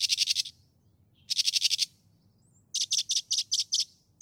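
Northern mockingbird song: rapid bursts of harsh, rattling notes repeated in tight series, with brief pauses between groups.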